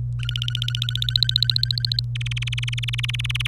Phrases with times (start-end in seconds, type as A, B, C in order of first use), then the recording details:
0.19-2.00 A, 2.15-3.47 B. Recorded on 25 April 2018 at 17:08. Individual llb3